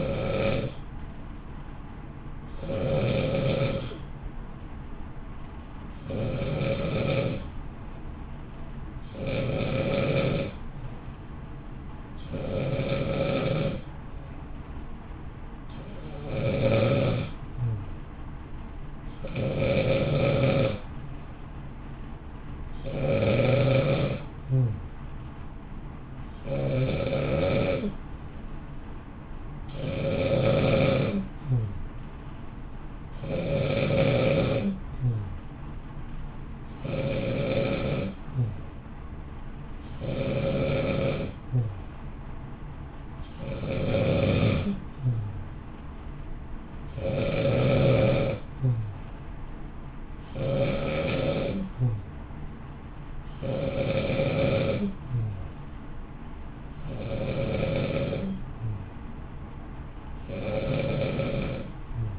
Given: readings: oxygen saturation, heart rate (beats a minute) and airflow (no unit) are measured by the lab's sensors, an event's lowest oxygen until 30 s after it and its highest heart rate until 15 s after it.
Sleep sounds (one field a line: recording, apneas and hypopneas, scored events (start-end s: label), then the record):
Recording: breathing in sleep by a smartphone at the bedside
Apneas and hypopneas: 1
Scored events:
4.00-21.30 s: hypopnea (N2, oxygen 94% highest, then 91% lowest, heart rate 55 at the start, 58 highest)
42.00-62.19 s: new sleep stage, N1 (lightest sleep)
From the record:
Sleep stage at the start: N2 (light sleep)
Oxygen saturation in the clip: 91 to 94%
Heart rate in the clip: 54 to 59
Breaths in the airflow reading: 25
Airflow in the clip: -0.7 to 0.7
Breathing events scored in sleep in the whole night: 328 in 6.3 hours asleep